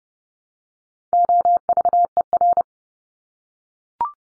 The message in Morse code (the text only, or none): OVER